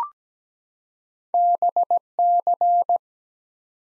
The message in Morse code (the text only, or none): BC